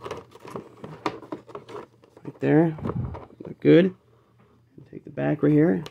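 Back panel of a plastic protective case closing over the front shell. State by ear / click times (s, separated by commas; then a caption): not seated / none. A Masters of the Universe Origins King Grayskull action figure, a Mattel Creations exclusive, is being placed in its clear plastic protective case while the back panel is handled over the front shell, with light plastic taps and rustles under someone talking. The back panel has not snapped shut yet; nothing has seated by the end of the clip.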